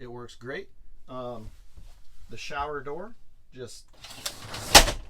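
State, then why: Seated. Someone talks as the shower door in a Freedom Elite 23H RV shower enclosure is slid shut, and its latch snaps into place with one sharp hit at 4.8 s. The shower door is seated and latched closed.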